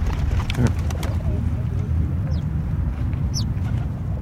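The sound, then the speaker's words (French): Small birds give two brief, high chirps over a steady low outdoor rumble, with a few soft taps early on, as pigeons peck at a baguette and sparrows fly around it. “Les pigeons juste piquent sur la baguette, mais les autres volent.”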